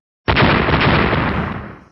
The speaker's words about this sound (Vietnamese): Vài tiếng nổ vang lên,